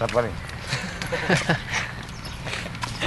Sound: laughter

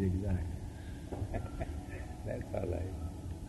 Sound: laughs

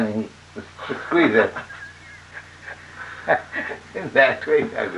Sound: laughter

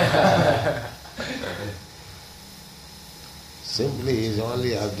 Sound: laughter

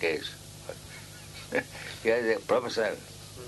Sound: laughs

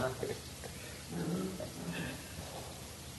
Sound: laughing

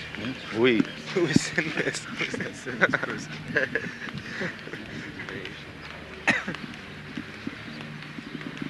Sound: laughter

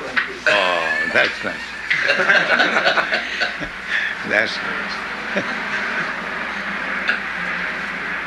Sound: laughing

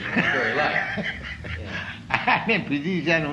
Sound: laughs

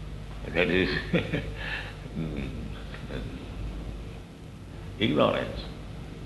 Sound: laughs

